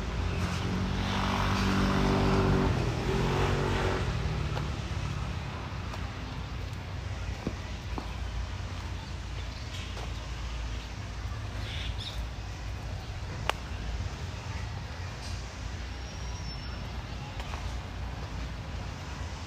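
Walking around Tel Aviv University in Ramat Aviv, with a steady low rumble of traffic throughout. Voices come through in the first four seconds, then fade, leaving the car noise with scattered clicks and brief sharp taps, one louder around thirteen seconds.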